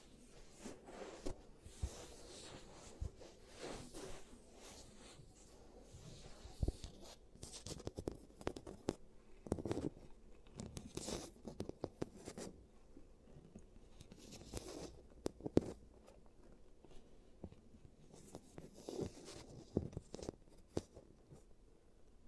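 ASMR treatment of giant teeth: irregular clicks, taps and short scraping strokes run throughout, clustering into busier bursts around seconds 6–11, 15 and 19–20. Between them a soft, low rustling continues, and a few sharp snaps stand out.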